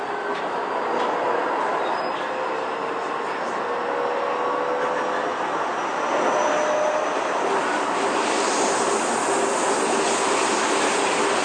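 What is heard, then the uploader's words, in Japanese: Inside a train running between stations, a steady dense rumble and rushing hiss fill the car throughout. Faint whining tones drift up and down in the middle range, and the noise grows slightly brighter and louder from about six seconds on. 京王9000系 高尾山口〜つつじヶ丘。快速つつじヶ丘行を録音。ステンレス車体、20 m両開き4扉。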